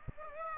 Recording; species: mosquito wingbeat signal from an infrared sensor; Aedes aegypti